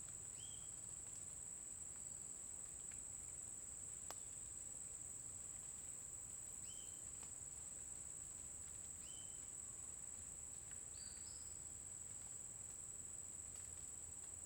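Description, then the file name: Cricket trilling steadily at a high pitch, overlaid by scattered short whistled bird notes spaced a few seconds apart. Constant cricket sound in a forest during the day, with a bird singing at intervals. "Grilo constante na floresta dia passaro canta em intervalos"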